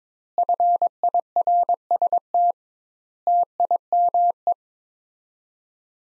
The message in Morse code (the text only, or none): FIRST TIME